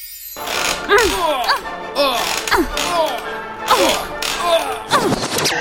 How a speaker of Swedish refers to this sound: Du har just hört ljud från en knarrande gungstol.